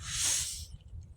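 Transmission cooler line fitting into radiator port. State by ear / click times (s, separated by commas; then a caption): not seated / none. The lower transmission cooler line's quick-connect fitting on a 2004–2008 Grand Prix 3.8L is handled and pushed toward its port on the radiator. A broad, hiss-like rush peaks around 0.3 s and fades by about 0.7 s, followed by a few faint small ticks near 0.8, 1.0 and 1.2 s. Nothing has seated or clicked in yet.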